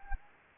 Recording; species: mosquito wingbeat signal from an infrared sensor; Anopheles gambiae